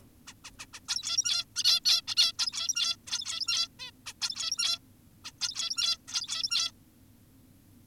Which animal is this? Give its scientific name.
Taeniopygia guttata